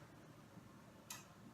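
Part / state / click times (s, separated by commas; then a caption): autoclave door locking dial on the sterilizer door / seated / 1.1 s. A hand turns the door-locking dial on a closed autoclave sterilizer door, and at 1.1 seconds the dial gives a small, sharp click as it engages and the door seats. Before the click there is only a low, steady background hum, and no one speaks.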